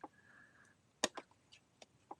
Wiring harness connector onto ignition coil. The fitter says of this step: push this push this in once the connector snaps in place